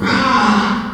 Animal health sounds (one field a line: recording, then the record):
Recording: squeal of a Yucatan mini pig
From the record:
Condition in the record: after surgery on the right vocal fold (resection and tissue-engineered implant)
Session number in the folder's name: 16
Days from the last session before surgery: 183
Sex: female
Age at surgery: 19 weeks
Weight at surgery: 25 kg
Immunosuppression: prednisolone